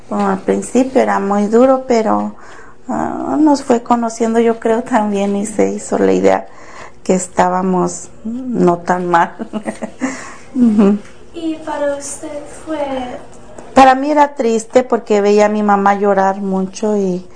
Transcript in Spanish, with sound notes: Como al principio era muy duro pero nos fue conociendo, yo creo también y se hizo a la idea que estábamos no tan mal. (risas)
Y para usted fue…
Para mí era triste porque veía a mi mamá llorar mucho y